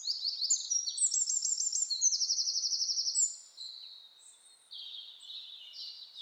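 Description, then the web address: Eurasian wren: a loud, high-pitched song of quick notes merging into a fast, even trill, then softer lower twittering phrases. "SETE data Troglodytes troglodytes"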